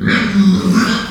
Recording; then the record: squeal of a Yucatan mini pig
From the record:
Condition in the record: after surgery on the right vocal fold (resection and tissue-engineered implant); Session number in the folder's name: 13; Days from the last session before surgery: 113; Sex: female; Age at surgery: 19 weeks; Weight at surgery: 25 kg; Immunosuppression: prednisolone